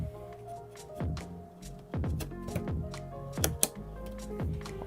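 A third RAM stick is pressed into a DIMM slot on an Asus ProArt B550 Creator motherboard while music plays in the background. Two sharp clicks from the slot latches ring out at 3.4 and 3.6 seconds, and the memory module is seated.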